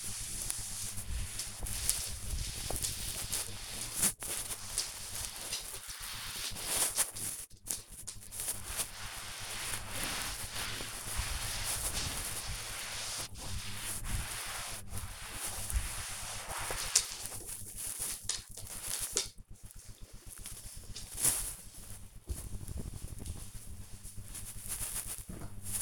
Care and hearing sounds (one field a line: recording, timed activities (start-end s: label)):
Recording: household activities, microphone on the right wrist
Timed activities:
0.00-17.59 s: cleaning table